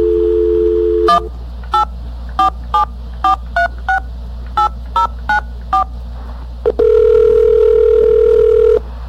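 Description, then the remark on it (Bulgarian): A steady dial tone gives way to a quick run of about eleven touch-tone beeps dialing a destination number on a Master Call Communications international calling line, each a short two-pitch chirp, then a long unbroken tone takes over. “Your destination number now.”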